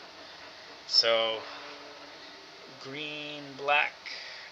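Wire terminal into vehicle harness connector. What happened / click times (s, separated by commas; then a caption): Wire terminal handled, not yet seated in the connector / none. A green/black wire terminal that was unpinned is being handled for reinsertion into a plastic vehicle harness connector while someone talks over a faint steady background hiss. Nothing has seated or clicked yet; the terminal is not yet home.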